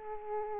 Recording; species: mosquito wingbeat signal from an infrared sensor; Aedes aegypti